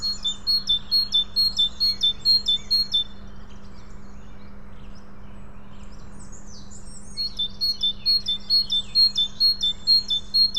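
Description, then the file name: Great tit song: two strong series of repeated two-note phrases separated by several seconds of scattered chirps, with a steady low hum throughout. "Parus major"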